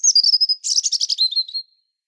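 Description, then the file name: European robin song: a high thin rapid series of notes followed by a sparkling trill that drops lower and fades out. "Erithacus rubecula"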